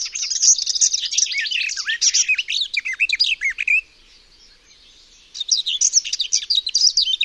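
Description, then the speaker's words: Garden Warbler song, a long fast run of bubbling, warbled high notes, broken by one short pause before the warbling resumes. For comparison with the Barred Warbler: lacks its rattle; can sing one strophe for over ten seconds with shorter pauses. "Dla przypomnienia posłuchajmy pieśni Gajówki."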